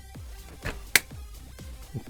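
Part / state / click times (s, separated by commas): plastic storage box side panel into box frame / seated / 1.0 s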